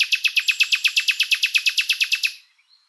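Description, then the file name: Common nightingale song: a fast, even series of about twenty loud identical notes, ending abruptly. "Luscinia megarhynchos"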